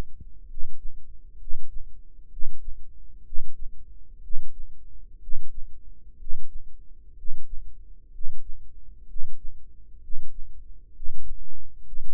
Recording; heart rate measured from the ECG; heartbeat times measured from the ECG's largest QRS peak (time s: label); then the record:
heart sounds by microphone in the right ear; 63 bpm
0.46 s: heartbeat
1.37 s: heartbeat
2.29 s: heartbeat
3.23 s: heartbeat
4.20 s: heartbeat
5.19 s: heartbeat
6.16 s: heartbeat
7.14 s: heartbeat
8.10 s: heartbeat
9.05 s: heartbeat
9.99 s: heartbeat
10.91 s: heartbeat
11.82 s: heartbeat
From the record:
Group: healthy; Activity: Valsalva maneuver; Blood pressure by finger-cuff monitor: 108/61 mmHg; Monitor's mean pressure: 73 mmHg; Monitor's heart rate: 63 bpm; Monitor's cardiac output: 6.3 L/min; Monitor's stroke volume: 102 mL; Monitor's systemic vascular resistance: 820 dyn s/cm5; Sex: male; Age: 35 years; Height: 180 cm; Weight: 86.9 kg